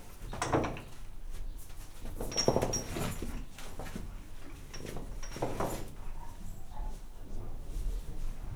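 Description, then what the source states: Horse rustling, with soft shuffling bursts and thuds spaced a few seconds apart and faint creaks between them. Horse tied up in a farmyard stable, moving and rustling while its mate peeks in.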